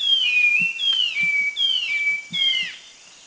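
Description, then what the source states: Streaked wren-babbler whistling high, clear notes that slide down and level off, four in quick succession, with faint low thumps beneath. Bohol, Philippines, 2010.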